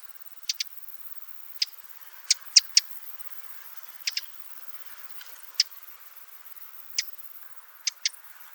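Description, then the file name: Eurasian wren giving short sharp ticking calls, singly or in quick pairs, spaced irregularly about a second apart, with a quiet background. "Troglodytes troglodytes"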